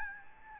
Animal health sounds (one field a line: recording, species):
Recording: mosquito wingbeat signal from an infrared sensor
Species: Aedes albopictus